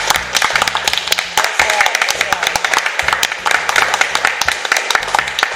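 A group of people applauding steadily for several seconds, a dense, crackling wash of many hands clapping at once, fairly loud and even throughout with no break.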